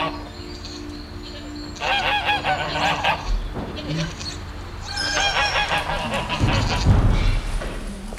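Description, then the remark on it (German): Wild swans honk in two loud bursts of overlapping, nasal calls, a clamorous flurry, a brief lull, then another rush of honking over a steady low rumble. “Es hatte etwas mit Vögeln zu tun.”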